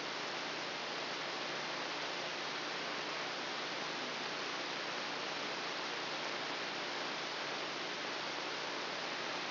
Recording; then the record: brain microelectrode recording played as sound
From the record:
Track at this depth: inside the subthalamic nucleus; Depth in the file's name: 2.709 mm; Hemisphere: left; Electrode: 2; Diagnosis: Parkinson's disease